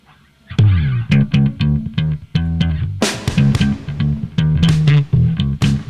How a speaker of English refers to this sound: it's raining on your drums. It's a what? I don't want this much reverb on my drum kit.